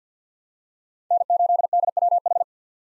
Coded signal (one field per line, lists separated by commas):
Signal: Morse code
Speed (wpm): 50 wpm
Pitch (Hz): 700 Hz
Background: none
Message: N8DWH